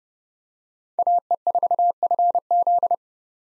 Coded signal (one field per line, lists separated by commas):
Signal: Morse code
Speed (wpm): 30 wpm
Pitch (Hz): 700 Hz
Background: none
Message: AE4FZ